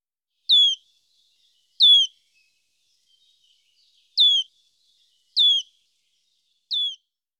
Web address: IVN Zangvogels. Fluiter